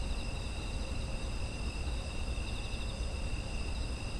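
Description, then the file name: Steady insect chorus with several high continuous trills, faintly wavering, set against a low constant drone. Autumn insect ambience. "秋の虫の環境音"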